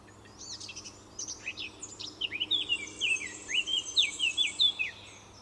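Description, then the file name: Eurasian blackcap song: high scratchy notes giving way to a run of loud, clear, down-slurred whistles in quick succession. "Sylvia atricapilla"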